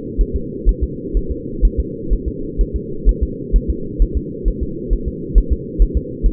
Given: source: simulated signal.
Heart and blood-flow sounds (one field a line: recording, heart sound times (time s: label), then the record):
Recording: fetal heart sounds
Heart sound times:
0.21 s: S1
0.36 s: S2
0.69 s: S1
0.84 s: S2
1.17 s: S1
1.31 s: S2
1.65 s: S1
1.80 s: S2
2.13 s: S1
2.28 s: S2
2.61 s: S1
2.76 s: S2
3.09 s: S1
3.23 s: S2
3.56 s: S1
3.70 s: S2
4.02 s: S1
4.17 s: S2
4.48 s: S1
4.63 s: S2
4.93 s: S1
5.08 s: S2
5.38 s: S1
5.53 s: S2
5.82 s: S1
5.97 s: S2
6.26 s: S1
From the record:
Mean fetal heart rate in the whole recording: 130 bpm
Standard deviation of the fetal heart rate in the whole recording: 2 bpm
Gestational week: 36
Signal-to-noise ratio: -4.3 dB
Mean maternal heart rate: 72 bpm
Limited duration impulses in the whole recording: absent